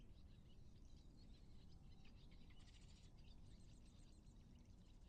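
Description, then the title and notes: Terns giving faint, high short notes in quick runs, over steady low rumbling background noise. Terns carrying fish. "Terns with fish. Courtesy of The Macauley Library at the Cornell Lab of Ornithology, Ithaca, New York."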